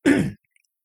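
A single short, abrupt cough burst from an adult man, lasting about a third of a second and fading quickly into silence. It is one isolated cough with some voicing and no wheeze or repeated fit.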